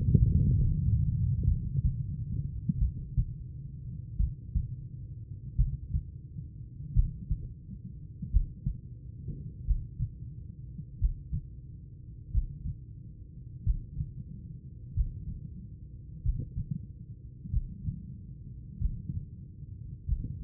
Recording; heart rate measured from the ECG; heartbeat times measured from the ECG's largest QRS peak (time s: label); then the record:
heart sounds by stethoscope; 45 bpm
0.18 s: heartbeat
1.44 s: heartbeat
2.78 s: heartbeat
4.16 s: heartbeat
5.55 s: heartbeat
6.93 s: heartbeat
8.30 s: heartbeat
9.64 s: heartbeat
10.97 s: heartbeat
12.30 s: heartbeat
13.62 s: heartbeat
14.92 s: heartbeat
16.21 s: heartbeat
17.48 s: heartbeat
18.76 s: heartbeat
20.04 s: heartbeat
From the record:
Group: heart failure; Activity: rest 0-2 s, breath hold 2-20 s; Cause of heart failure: idiopathic cardiomyopathy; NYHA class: 2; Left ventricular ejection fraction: 53%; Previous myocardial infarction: absent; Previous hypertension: present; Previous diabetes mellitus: absent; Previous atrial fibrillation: present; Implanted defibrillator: absent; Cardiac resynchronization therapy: absent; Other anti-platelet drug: absent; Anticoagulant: apixaban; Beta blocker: bisoprolol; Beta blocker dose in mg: 2.5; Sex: female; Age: 67 years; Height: 150 cm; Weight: 81 kg